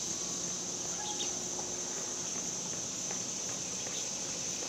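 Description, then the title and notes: Cicadas shrill steadily in a high buzz, with a few faint chirps in the background. Cicadas outdoors in summer in the suburbs. "Ext Summer Cicadas, Suburbs"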